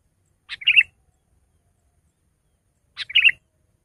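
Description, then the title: Sooty-headed bulbul delivering two short bubbly phrases of rapid chirped notes, spaced about two and a half seconds apart, with nothing else audible. "kutilang"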